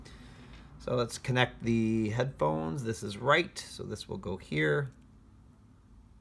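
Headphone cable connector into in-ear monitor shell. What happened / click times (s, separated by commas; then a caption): Handled, not yet seated: small cable connector being lined up, no click yet / none. Someone talks while handling a detachable cable connector for the right in-ear monitor of a pair of Tin Audio T2 earphones, lining it up with the socket in the shell. Speech fills most of the clip, with no distinct mechanical sounds, and it fades to faint background noise near the end. Nothing has seated or clicked yet.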